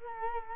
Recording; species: mosquito wingbeat signal from an infrared sensor; Culex quinquefasciatus